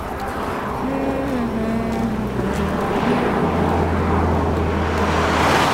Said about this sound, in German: Der Wagen rast dicht an Nele vorbei.